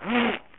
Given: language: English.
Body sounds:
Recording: throat vibration sensor signal played as sound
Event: throat clearing

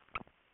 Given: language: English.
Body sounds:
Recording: throat vibration sensor signal played as sound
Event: swallow

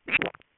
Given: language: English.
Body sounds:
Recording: throat vibration sensor signal played as sound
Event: swallow

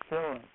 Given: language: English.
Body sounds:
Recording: throat vibration sensor signal played as sound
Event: speech

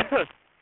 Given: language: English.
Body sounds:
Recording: throat vibration sensor signal played as sound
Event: cough

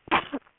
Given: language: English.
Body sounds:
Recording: throat vibration sensor signal played as sound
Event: cough

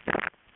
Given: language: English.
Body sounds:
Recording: throat vibration sensor signal played as sound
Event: swallow

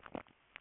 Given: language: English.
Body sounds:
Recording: throat vibration sensor signal played as sound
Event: swallow

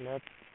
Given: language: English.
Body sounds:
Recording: throat vibration sensor signal played as sound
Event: speech

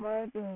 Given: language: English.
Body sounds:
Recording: throat vibration sensor signal played as sound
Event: speech

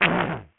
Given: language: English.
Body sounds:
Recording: throat vibration sensor signal played as sound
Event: throat clearing

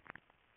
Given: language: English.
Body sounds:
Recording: throat vibration sensor signal played as sound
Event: swallow

